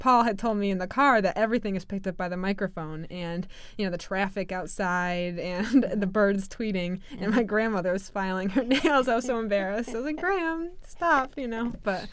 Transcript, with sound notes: Paul had told me in the car that everything is picked up by the microphone and, you know, the traffic outside and the birds tweeting, and my grandmother is filing her nails. (she laughs) I was so embarrassed. I was like, "Gram, stop," you know, but...